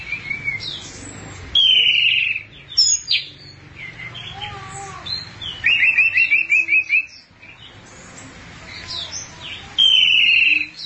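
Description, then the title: Thrush singing rich varied phrases, trilled bursts and high whistles, some lower notes in between, with a faint background hum. "burung anis x"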